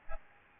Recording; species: mosquito wingbeat signal from an infrared sensor; Aedes albopictus